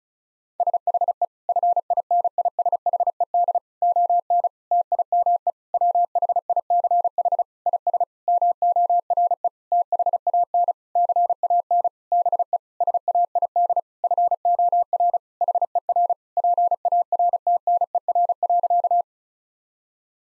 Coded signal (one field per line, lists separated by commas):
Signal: Morse code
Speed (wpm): 36 wpm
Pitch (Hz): 700 Hz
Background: none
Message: SHE FINISHED ON TIME WHICH IS MORE THAN CAN BE SAID FOR HER PARTNER.